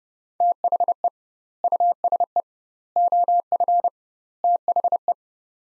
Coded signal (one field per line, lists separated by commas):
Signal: Morse code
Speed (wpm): 30 wpm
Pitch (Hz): 700 Hz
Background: none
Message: THE USE OF THE